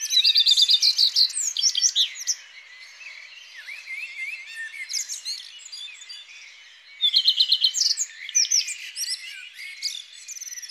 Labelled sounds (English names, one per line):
Common Redstart song